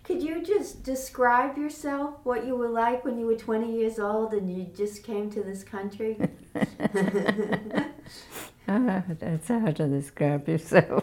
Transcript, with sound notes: Could you just describe yourself, what you were like, when you were twenty years old, and you just came to this country?
[Laughs] It's hard to describe yourself!